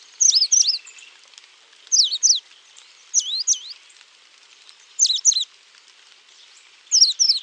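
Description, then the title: Coal-crested finch singing brief high, twisting double and triple notes, each phrase about half a second, given five times at irregular intervals. "LuckyPassaro Completos2Sama. Coal-crested Finch (Charitospiza eucosma)"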